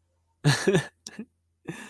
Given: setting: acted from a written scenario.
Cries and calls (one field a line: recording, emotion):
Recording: vocal sound without words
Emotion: sadness